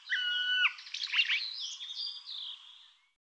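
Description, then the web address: Bird opening with a few clear steady whistles, then breaking into fast rattling chatter and thin high notes that fade out after three seconds. "cianscape birddata Deverinetal Bird Tu Me Tu Me"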